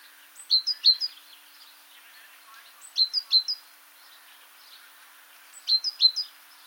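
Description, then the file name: Great tit calls: three bursts of thin, sharply dropping high notes, spaced about two and a half seconds apart, over steady low-level hiss. "Parus major"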